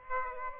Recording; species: mosquito wingbeat signal from an infrared sensor; Aedes aegypti